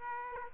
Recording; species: mosquito wingbeat signal from an infrared sensor; Aedes aegypti